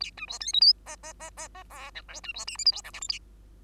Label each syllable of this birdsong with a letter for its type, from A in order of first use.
A B C D E F G G G G G H I J B C K L M N O P Q A